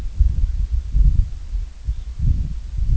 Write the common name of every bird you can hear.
Red Phalarope